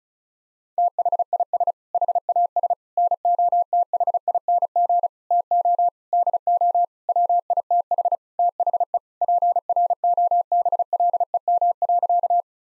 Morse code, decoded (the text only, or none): THIS HAS NOTHING TO DO WITH THE PROBLEM.